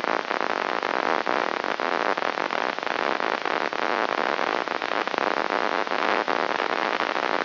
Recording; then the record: brain microelectrode recording played as sound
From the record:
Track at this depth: outside the subthalamic nucleus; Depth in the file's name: -0.883 mm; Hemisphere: left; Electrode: 3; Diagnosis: Parkinson's disease